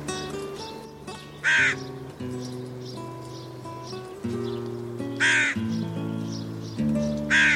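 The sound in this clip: Hooded crow giving three rasping caws spaced a few seconds apart, with gentle music playing underneath throughout.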